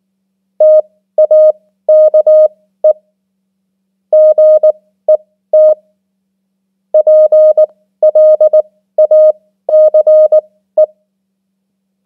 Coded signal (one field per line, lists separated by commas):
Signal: Morse code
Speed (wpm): 19 wpm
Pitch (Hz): 620 Hz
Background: none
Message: TAKE GET PLACE